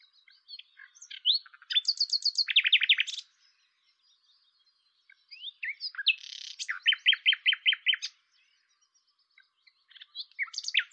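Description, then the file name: Common nightingale song: bursts of rapid repeated notes and harsh trills in two phrases separated by a pause, then the start of a third, with sharp chirps and high whistles. "Luscinia megarhynchos"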